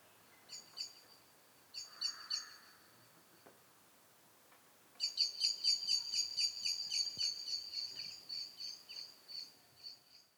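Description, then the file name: Eurasian blackbird calls: a few short clusters of sharp notes, then a long rapid chattering series that slowly tails off, over mild background hiss. "Turdus merula"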